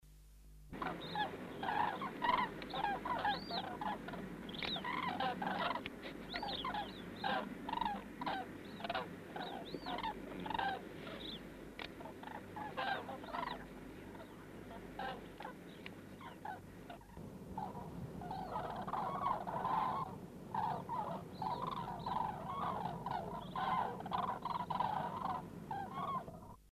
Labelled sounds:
Common Crane call
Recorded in the wild
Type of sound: call
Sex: group
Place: Steinhuder Meer, Niedersachsen, DE
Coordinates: 52.4734, 9.33772
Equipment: Halbspur, 9,5 cm/s
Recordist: Lütgens, Hans
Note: Zug mit Jungen, mit Dr. Tembrock. 70 Tiere

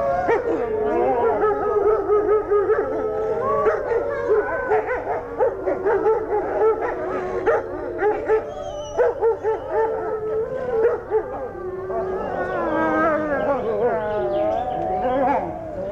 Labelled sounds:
Gray Wolf howling
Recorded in captivity
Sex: group
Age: adult
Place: Zoo Berlin, Berlin, DE
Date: 1984-08-18 13:21
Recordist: Tembrock, Günter
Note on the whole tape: Gruppe von 9 Tieren: Heulen, agonistisches Verhalten, Bellen, Winseln u.a. Laute

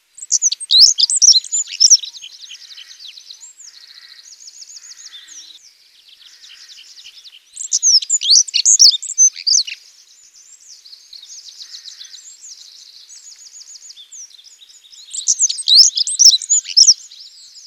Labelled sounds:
Black-throated Accentor song
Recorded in the wild
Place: Almaty Pik 3400 m, KZ
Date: 2000-05-26
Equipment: MiniDisc Sharp MT 20 H
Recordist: Schwarz, Dieter

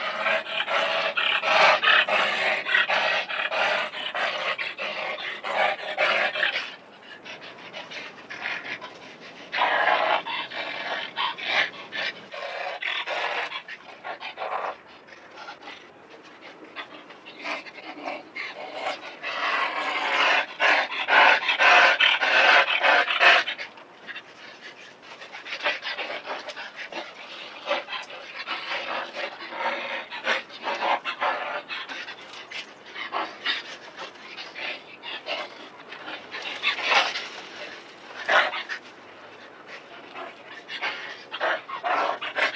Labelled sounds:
Wolverine
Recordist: Tembrock, Günter
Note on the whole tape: Laute bei Kampfspiel

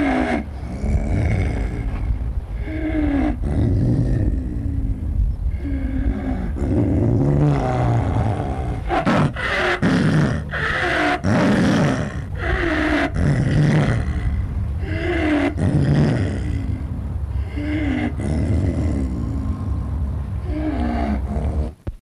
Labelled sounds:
Snow Leopard call
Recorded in captivity
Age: adult
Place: Tierpark Berlin, Berlin, DE
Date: 1963-03-09 14:30
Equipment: Minifon, Kopie Smaragd
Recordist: Tembrock, Günter
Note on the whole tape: Diverse Lautformen und Vorstoßen, provoziert

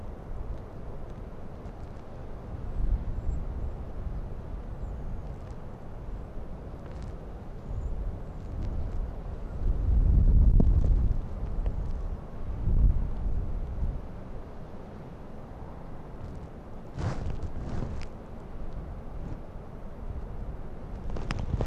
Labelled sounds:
Arctic Fox
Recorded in the wild
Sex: female
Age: adult
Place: Insel Mednyi, Kommandeur-Inseln, RU
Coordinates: 54.5167, 168.083
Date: 1999-08-01 19:42
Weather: 10°C, heiter bis bedeckt, mäßiger Südwestwind
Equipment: Sony WM-D6C, Sennheiser ME 80, K 30 AV, Windkorb, Kopie Tascam DA 30
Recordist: Jakupi, Antje
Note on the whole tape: Südosten der Insel, Gerölltal: drei Bellstrophen nicht aufgezeichnet. Weitere Bellstrophen von Fähe blau/weiss vom Südostrand des Geröllfeldes

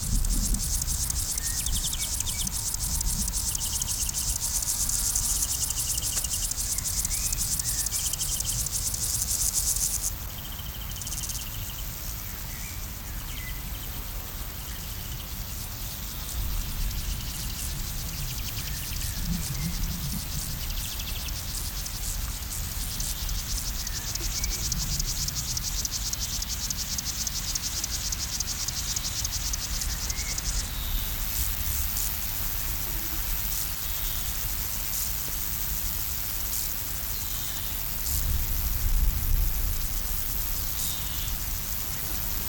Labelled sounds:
Upland Field Grasshopper stridulation
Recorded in the wild
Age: imago
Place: Blankenfelde, Tegeler Fließ, Berlin, DE
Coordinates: 52.604, 13.4
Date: 1993-07-10
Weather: 24°C, sonnig-heiter
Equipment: Marantz CP 430, Sennheiser ME 80, Kopie Uher Variocord 263
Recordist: Tembrock, Günter

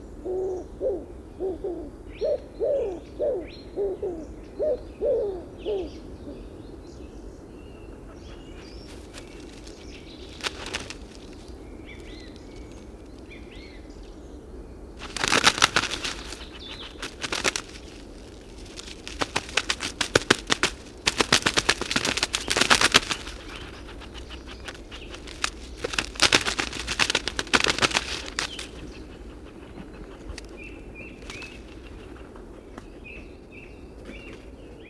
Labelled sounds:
Common Wood Pigeon call
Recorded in the wild
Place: Schaabe, Mecklenburg-Vorpommern, DE
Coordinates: 54.574, 13.433
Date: 1975-03-23
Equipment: Nagra III BH, Sennheiser MD 21, parabola
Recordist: Schubert, Michael

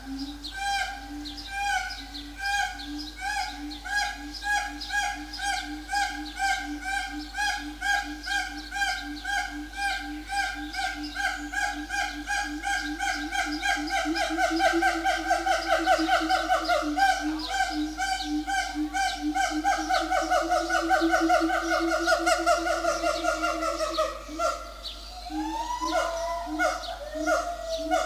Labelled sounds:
Siamang
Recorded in captivity
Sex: male
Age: adult
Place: Zoo Berlin, Berlin, DE
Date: 2004-06-07 12:53
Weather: heiter bis wolkig, 23-25°C
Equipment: Sony WM-D6C, Sennheiser ME 80, Kopie Uher 4000 Report Monitor
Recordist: Tembrock, Günter

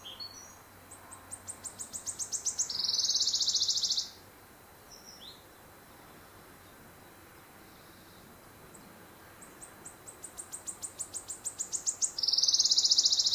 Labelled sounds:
Western Bonelli's Warbler song
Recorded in the wild
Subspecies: bonelli
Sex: male
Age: adult
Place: Pfullingen, an der Talflanke des Echaztals, Schwäbische Alb, Baden-Württemberg, DE
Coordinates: 48.4617, 9.24333
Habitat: forest
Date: 1971-05-26
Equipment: Nagra III PH, MD 211
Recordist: Schneider, Hans-Joachim

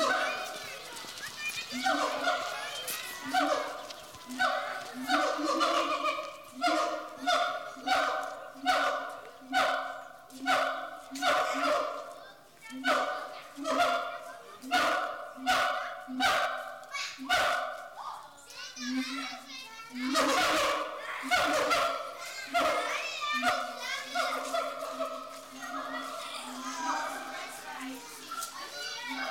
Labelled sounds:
Siamang
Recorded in captivity
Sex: pair
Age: adult
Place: Zoo Dresden, Sachsen, DE
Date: 1983-03-11 15:18
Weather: sonnig, ca. 12°C
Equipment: Nagra SN, Sennheiser MKH 416 T, Kopie Uher 4000 Report Monitor
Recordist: Tembrock, Günter
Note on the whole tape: Duette beim Einlaß in den Innenkäfig, Aufnahmen zuletzt von dort

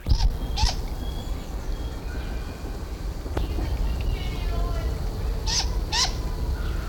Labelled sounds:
Great Grey Owl call
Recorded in captivity
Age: juvenile
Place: Zoo Berlin, Berlin, DE
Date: 1994-08-06 10:58
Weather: wolkig bis heiter, 20-27°C
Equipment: Marantz CP 430, Sennheiser ME 80, Kopie Uher Variocord 263
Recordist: Tembrock, Günter

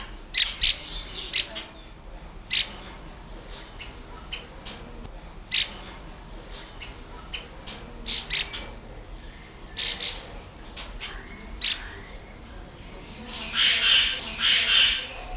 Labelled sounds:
Black-winged Starling
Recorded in captivity
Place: Zoo Berlin, Berlin, DE
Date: 1996-02-24 11:46
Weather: heiter, -6°C
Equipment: Sony WM-D6C, Sennheiser ME 80, Kopie Uher 4000 Report Monitor
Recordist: Tembrock, Günter

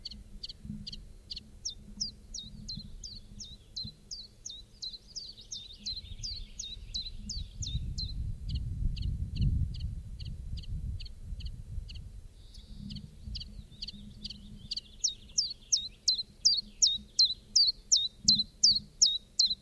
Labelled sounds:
Common Chiffchaff song
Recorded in the wild
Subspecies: collybita
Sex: male
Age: adult
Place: Ramsau, Bayern, DE
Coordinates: 47.625, 12.825
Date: 1964-05-30
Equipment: LGS26
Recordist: Faber, A. and Stumbrat
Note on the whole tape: Über Hintersee unterhalb der Reiteralpe. Gewöhnliche Gesänge mit schönen "drrr, drrr"-Lauten

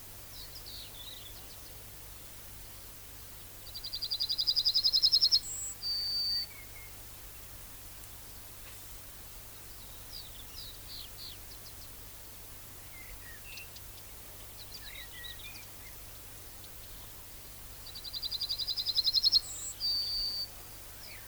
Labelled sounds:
Yellowhammer song
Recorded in the wild
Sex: male
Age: adult
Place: Köppchensee (Fließtal), NSG Fließtal, Berlin, DE
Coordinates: 52.6231, 13.3747
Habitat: willow
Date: 1996-07-14 12:48
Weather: slightly overcast, 22°C
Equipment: Sony MD-WM MZ-R3, Sennheiser MKH 416 T, Kopie Uher 4000 Report Monitor
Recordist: Tembrock, Günter

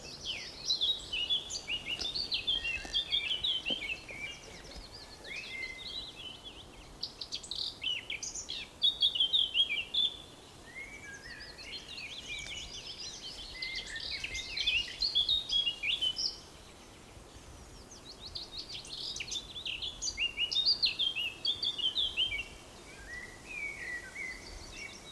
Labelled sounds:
Eurasian Blackcap
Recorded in the wild
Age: adult
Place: Summt, Brandenburg, DE
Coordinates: 52.693, 13.362
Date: 1992-06-14 14:40
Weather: heiter, ca. 23°C
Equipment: Nagra SN, Mikrofon AKG CK 8, Kopie Tesla B 116
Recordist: Tembrock, Günter

